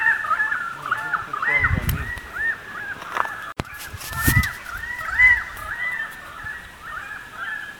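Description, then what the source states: Currawong chorus of arched whistled notes, repeated and overlapping, broken by a couple of dull thumps and a sharp click. More than one currawong.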